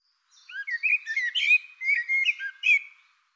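Bird giving a continuous warbling phrase of varied whistled and chirped notes, nearly three seconds long.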